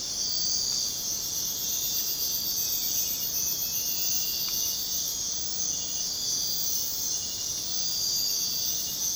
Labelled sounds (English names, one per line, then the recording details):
none
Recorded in secondary vegetation near Puerto Asís, Putumayo, Colombia, on 23 June 2025 at 05:00
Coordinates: 0.484, -76.319
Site G074